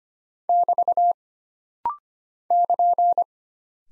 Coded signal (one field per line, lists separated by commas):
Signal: Morse code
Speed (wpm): 25 wpm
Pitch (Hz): 700 Hz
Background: none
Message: <BT> <KN>